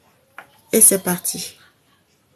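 While sewing a motorcycle seat cover, a bobbin case or presser part is turned and positioned on a sewing machine and gives a single small, sharp click at 0.4 s as it seats into place. Someone then talks briefly.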